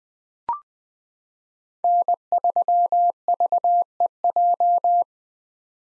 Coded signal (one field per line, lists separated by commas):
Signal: Morse code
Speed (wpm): 20 wpm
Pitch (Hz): 700 Hz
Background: none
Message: N3VEJ